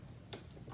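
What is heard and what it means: The bobbin winder spindle of a Janome Magnolia 7318 sewing machine, with a bobbin on it, is pushed over and snaps into the engaged winding position with a sharp click at 0.3 s. A fainter tick follows at 0.5 s over quiet low background noise, and the winder is seated.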